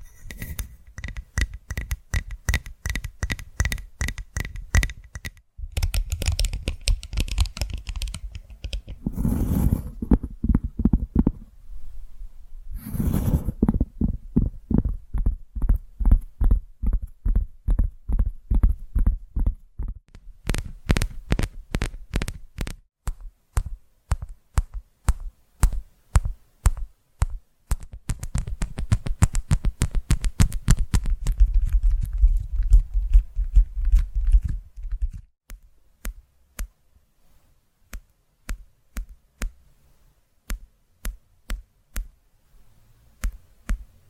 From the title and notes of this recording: ASMR Tapping Through Your Brain Invisible + 3D Triggers (No Talking).